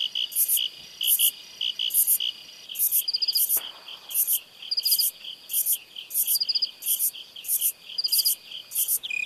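Crickets calling: rapid, high pulsed chirps repeated in a steady rhythm, with short buzzy trills now and then.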